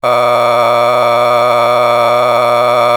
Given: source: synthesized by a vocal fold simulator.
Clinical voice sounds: sustained vowel; male; a random mix of aspiration noise, stiffness perturbation and strain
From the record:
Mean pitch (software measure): 120 Hz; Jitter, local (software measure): 1.98%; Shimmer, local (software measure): 8.6%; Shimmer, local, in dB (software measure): 0.73 dB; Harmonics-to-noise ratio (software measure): 10.0 dB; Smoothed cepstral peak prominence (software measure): 15.7 dB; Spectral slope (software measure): -13.0 dB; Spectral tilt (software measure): -9.9 dB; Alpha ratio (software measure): -3.5 dB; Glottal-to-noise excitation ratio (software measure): 0.942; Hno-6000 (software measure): 1.9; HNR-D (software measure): 23.2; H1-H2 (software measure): 1.6 dB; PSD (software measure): 1.9e-04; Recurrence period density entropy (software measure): 0.125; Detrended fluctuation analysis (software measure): 0.0286

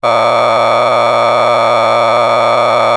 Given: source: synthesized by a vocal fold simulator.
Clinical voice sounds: sustained vowel; male; a random mix of aspiration noise, stiffness perturbation and strain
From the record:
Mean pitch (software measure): 117 Hz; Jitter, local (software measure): 3.95%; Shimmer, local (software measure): 7.5%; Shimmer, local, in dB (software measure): 0.58 dB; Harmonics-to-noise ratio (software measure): 5.7 dB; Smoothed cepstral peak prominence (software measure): 13.0 dB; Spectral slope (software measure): -12.6 dB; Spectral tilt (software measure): -10.5 dB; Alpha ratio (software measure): -3.1 dB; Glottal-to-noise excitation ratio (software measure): 0.974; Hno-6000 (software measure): 1.9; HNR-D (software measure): 18.3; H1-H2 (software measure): 1.7 dB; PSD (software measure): 3.5e-04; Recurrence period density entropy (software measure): 0.127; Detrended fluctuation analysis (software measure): 0.0314

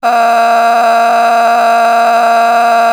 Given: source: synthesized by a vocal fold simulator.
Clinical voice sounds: sustained vowel; female; a random mix of aspiration noise, stiffness perturbation and strain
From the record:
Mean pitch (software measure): 232 Hz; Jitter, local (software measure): 1.84%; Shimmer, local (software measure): 8.9%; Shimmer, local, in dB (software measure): 0.77 dB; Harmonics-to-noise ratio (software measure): 12.7 dB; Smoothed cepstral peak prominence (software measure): 13.2 dB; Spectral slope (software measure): -17.4 dB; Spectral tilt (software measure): -8.7 dB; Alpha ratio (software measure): -7.9 dB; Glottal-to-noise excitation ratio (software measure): 0.892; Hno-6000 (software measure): 1.8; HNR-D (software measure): 33.9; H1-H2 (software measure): -3.8 dB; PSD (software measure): 9.0e-05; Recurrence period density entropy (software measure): 0.122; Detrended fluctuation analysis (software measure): 0.0100

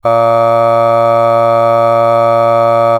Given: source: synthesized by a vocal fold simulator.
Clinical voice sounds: sustained vowel; male; aspiration noise (breathiness), level 5 of 10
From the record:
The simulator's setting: 0.74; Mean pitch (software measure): 115 Hz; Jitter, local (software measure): 0.31%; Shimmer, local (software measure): 2.6%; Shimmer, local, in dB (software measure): 0.23 dB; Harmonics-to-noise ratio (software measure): 24.4 dB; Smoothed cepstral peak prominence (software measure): 19.6 dB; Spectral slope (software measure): -17.2 dB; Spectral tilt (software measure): -9.1 dB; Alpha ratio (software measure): -7.7 dB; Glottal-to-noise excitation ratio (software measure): 0.985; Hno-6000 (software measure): 2.3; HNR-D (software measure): 23.8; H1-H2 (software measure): 4.9 dB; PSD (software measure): 2.5e-05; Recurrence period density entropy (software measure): 0.107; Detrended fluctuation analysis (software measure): 0.0543

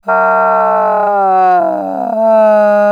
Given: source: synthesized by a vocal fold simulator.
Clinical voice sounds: sustained vowel; female; asymmetry, level 47 of 51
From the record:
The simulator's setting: 5.60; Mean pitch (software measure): 155 Hz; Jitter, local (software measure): 0.71%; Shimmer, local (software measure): 4.7%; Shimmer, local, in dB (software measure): 0.40 dB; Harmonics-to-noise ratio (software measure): 19.0 dB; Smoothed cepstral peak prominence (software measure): 14.4 dB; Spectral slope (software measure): -19.2 dB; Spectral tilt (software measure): -13.0 dB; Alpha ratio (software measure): -9.7 dB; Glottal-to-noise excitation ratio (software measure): 0.842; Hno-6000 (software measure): 2.6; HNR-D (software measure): 27.9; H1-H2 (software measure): -0.4 dB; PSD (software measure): 2.4e-03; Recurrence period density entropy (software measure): 0.125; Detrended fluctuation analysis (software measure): 0.0222

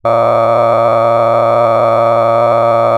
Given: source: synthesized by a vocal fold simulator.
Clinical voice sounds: sustained vowel; male; cycle-to-cycle stiffness perturbation (roughness), level 10 of 10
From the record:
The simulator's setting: 6.37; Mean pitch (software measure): 115 Hz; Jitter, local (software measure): 3.14%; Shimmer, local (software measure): 11.2%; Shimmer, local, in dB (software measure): 0.85 dB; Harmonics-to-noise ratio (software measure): 10.4 dB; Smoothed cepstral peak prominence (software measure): 16.6 dB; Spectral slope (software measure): -16.8 dB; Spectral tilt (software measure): -12.3 dB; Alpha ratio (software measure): -7.2 dB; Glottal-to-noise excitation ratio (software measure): 0.991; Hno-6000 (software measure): 2.4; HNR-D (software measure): 20.4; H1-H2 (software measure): 5.2 dB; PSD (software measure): 2.3e-04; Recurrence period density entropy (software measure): 0.104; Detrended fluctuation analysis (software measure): 0.0561

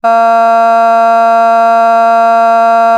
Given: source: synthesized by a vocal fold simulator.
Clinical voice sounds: sustained vowel; female; vocal strain, level 4 of 10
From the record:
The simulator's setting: 0.33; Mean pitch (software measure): 229 Hz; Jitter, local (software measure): 0.26%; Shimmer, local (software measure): 0.9%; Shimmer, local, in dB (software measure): 0.08 dB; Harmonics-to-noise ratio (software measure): 31.9 dB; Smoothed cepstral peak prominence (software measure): 21.4 dB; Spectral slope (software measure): -18.5 dB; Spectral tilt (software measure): -8.0 dB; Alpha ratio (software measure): -9.0 dB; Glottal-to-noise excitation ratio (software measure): 0.993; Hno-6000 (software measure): 2.1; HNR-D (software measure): 45.5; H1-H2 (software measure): 1.5 dB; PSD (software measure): 1.3e-05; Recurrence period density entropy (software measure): 0.132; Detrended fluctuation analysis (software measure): 0.0110

